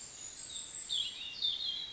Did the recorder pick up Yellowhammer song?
no